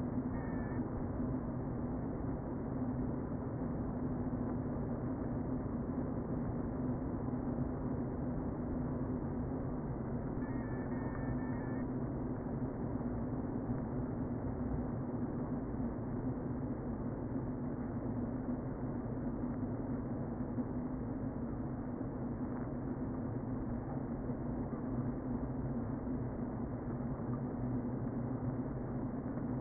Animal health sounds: honeybee colony, microphone inside the hive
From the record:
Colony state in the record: queen present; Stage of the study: before two queens were removed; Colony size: about 60,000 bees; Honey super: yes

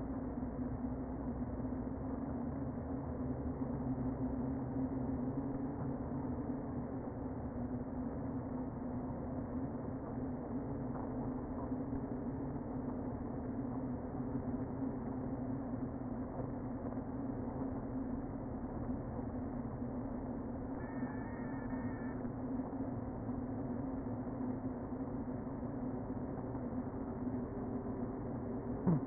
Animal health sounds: honeybee colony, microphone inside the hive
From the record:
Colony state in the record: queen present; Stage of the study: before two queens were removed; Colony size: about 60,000 bees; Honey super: yes

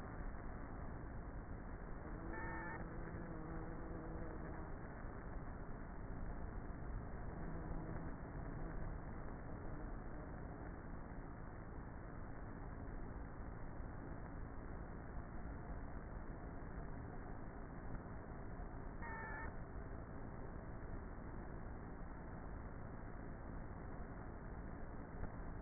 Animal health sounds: honeybee colony, microphone inside the hive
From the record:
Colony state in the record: queenless with a low population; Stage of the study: before two queens were removed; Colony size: about 30,000 bees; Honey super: no

